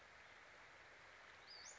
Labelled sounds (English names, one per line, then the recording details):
Western Flycatcher
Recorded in Sonoma County, California